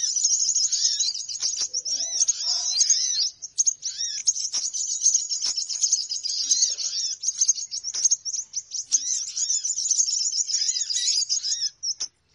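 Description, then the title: Many birds twittering together, a continuous shrill wash of fast chirps with occasional arching whistled notes and brief gaps near the end. Noisy bird lure sounds for attracting birds, said to draw many birds in soon after they start. "Baru Diputar Dah Banyak Merapat! Suara Pikat Burung Ribut"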